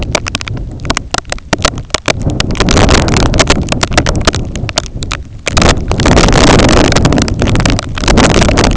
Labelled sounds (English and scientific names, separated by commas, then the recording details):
none
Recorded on Arctic tundra, site IGLO-A, on 20 June 2018
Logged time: 21:59